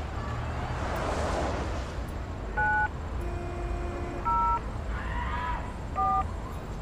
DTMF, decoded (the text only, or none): 9 0 4